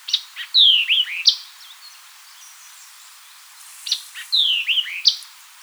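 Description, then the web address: White-eyed vireo repeating a quick phrase twice: sharp chip, descending slurred whistles, then an emphatic high note, with a quiet pause between. Recorded 4 January 2007. "White-eyed Vireo 2007 01 04"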